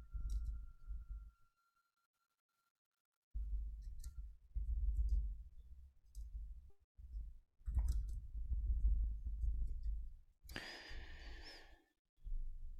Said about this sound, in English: listening to me typing.